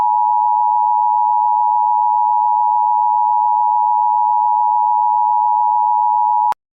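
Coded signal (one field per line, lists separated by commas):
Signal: Emergency Alert System (SAME) tones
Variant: 853 and 960 Hz attention tone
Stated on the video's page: Fictional EAS scenario made as a mock alert, not a real broadcast.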